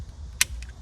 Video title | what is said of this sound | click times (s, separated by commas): 경차 모닝에 2열 중앙등 설치diy | 딸깍 소리 가 날 때 까지 조여 주세요 . | 0.4 s